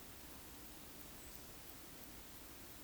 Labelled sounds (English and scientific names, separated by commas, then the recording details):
Eurasian Woodcock (Scolopax rusticola) whistle
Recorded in Baden-Württemberg, Germany, on 13 June 2021 at 20:01 UTC
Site 23718, 552 m above sea level